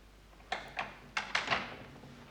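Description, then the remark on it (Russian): A door is pushed shut and locked as Rogozhin locks it behind the prince and Aglaya, in Dostoevsky's The Idiot: a few sharp knocking clunks, then a quicker cluster of rattling metallic thuds as the bolt turns, with no voices. “Рогожин впустил князя и Аглаю и запер за ними дверь.”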